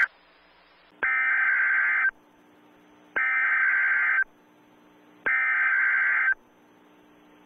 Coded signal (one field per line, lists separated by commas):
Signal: Emergency Alert System (SAME) tones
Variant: header bursts